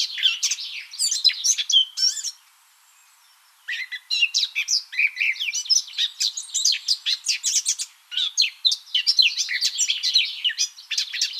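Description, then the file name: Eurasian blackcap warbling song, rapid scratchy chatter broken by pauses, resuming in longer runs of varied twittering and whistled notes. "Sylvia atricapilla"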